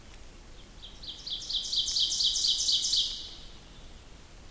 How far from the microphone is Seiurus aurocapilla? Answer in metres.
about 20 m